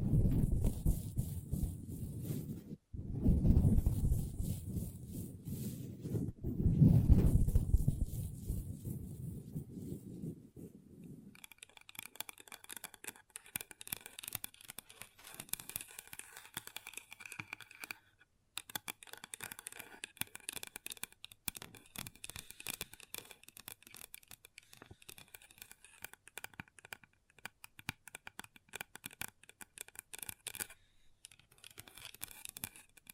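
Long nails tap and scratch on a table. The first ten seconds bring heavy, low rubbing bursts with two short breaks. After that the sound turns thin and bright: dense, quick clicking and scratching that keeps up steadily, pausing briefly around sixteen and thirty-one seconds.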